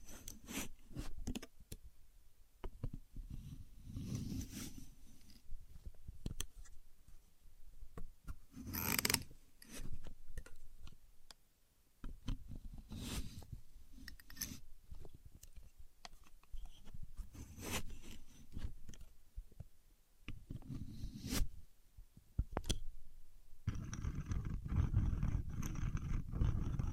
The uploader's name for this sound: Using A Contour Gauge (No Talking)